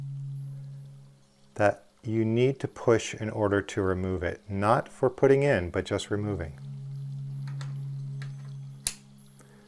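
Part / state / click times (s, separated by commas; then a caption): light bar cable connector into socket / seated / 8.9 s. Someone talks over a steady low hum while a light bar's wire connector, which only fits one way, is pushed into its socket. A single sharp snap at 8.9 s shows the connector has latched and is seated in place.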